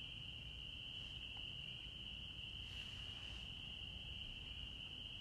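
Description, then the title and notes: Frogs calling in a bright, constant high chorus that never breaks, over a soft low rumble. Forest at night in Holliston, Massachusetts, USA, 6 April, 21:40; recorded during COVID-19. "Historias Sonoras Del COVID 19 La Rana Y El Insecto, Holliston, Massachusetts. EEUU. 6 de Abril 21:40 h. Holliston, Massachusetts. EEUU. Los únicos ruidos eran los grillos y las ranas"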